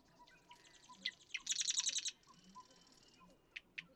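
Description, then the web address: Marsh Wren song opening with scattered ticking notes, then a loud, harsh, rapid rattle lasting about half a second; fainter buzzy trills and short clicks follow. "birdsongforthecurious Marsh Wren"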